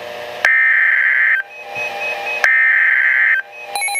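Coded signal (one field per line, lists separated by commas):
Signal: Emergency Alert System (SAME) tones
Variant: header bursts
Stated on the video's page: Tornado Warning tones received on weather radio station KEC60 in Milwaukee, Wisconsin.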